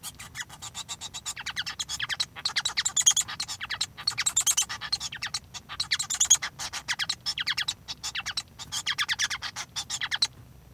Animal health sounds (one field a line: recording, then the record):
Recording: song of a male Bengalese finch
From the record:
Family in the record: son of father 1